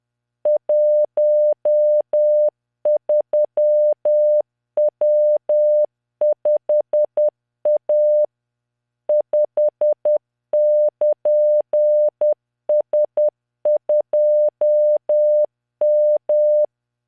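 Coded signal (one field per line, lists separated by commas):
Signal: Morse code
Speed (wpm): 10 wpm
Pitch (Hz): 600 Hz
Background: none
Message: 13W5A 5<KN>S2M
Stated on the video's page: Practice Morse of random characters from LearningMorse software at 10 WPM, 600 Hz tone, standard three-dot spacing.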